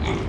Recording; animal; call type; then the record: contact call of a hoofed animal; pig; closed-mouth grunt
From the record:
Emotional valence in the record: positive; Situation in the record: food and toys in familiar pen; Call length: 0.29 s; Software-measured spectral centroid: 1810 Hz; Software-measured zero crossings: 1280 a second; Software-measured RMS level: -24 dBFS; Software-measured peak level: -13 dBFS